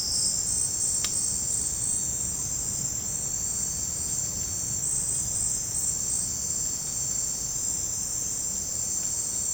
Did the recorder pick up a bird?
no